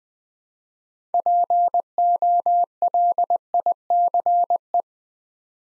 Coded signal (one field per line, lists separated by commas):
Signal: Morse code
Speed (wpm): 20 wpm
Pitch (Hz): 700 Hz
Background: none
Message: POLICE